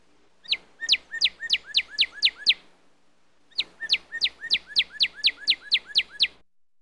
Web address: bird cardinal song animal